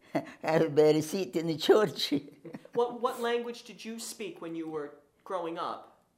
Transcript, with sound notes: had a better seat in the church. [chuckles]
What — what language did you speak when you were growing up?